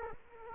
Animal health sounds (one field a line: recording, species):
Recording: mosquito wingbeat signal from an infrared sensor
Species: Culex quinquefasciatus